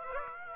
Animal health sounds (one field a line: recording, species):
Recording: mosquito wingbeat signal from an infrared sensor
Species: Aedes aegypti